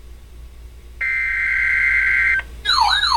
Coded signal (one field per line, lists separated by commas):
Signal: Emergency Alert System (SAME) tones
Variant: header bursts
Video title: EAS #87 Special Marine Warning 6/30/14